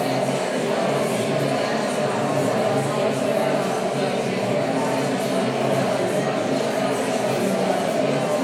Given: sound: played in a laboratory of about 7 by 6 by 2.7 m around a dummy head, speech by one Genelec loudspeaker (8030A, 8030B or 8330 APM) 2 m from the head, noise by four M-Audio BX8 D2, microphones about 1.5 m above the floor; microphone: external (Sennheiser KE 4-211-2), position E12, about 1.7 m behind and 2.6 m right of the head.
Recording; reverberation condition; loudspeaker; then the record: babble noise; high; four, about 170 cm from the corners of the room and facing them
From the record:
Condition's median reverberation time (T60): about 1300 ms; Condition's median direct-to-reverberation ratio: about -4.0 dB